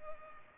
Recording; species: mosquito wingbeat signal from an infrared sensor; Culex pipiens